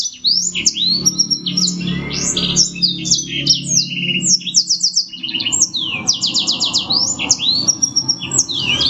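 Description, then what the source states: Black-throated canary singing nonstop, rapid high trills, quick rising and falling sweeps and buzzy rattles tumbling into one another over a low background hum. Garuda-style song, a 5-minute training recording.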